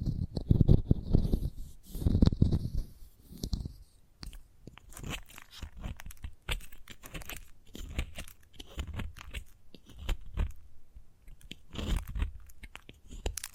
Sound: Chalk Sounds Tapping, Scratching, Carving